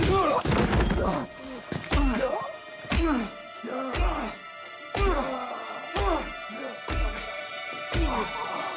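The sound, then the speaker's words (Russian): Heavy axe blows strike a head again and again, about nine dull, wet thuds landing roughly once a second in a steady rhythm, with strained vocal sounds between the strikes. “Он наносит удар за ударом, топором по голове.”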